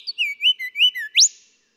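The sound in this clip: Golden whistler song: a series of clear whistled notes around mid-high pitch, ending in a sharp rising whip-like upslur.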